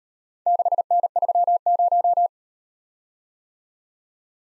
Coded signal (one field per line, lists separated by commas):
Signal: Morse code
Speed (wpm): 38 wpm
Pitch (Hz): 700 Hz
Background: none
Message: 6N30